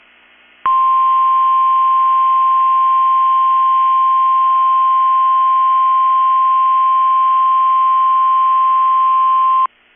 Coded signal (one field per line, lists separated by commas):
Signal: Emergency Alert System (SAME) tones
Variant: 1050 Hz attention tone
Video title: 8/16/23 - KEC65 Required Weekly Test (EAS #855)